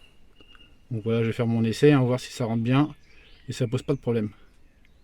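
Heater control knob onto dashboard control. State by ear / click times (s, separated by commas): not seated / none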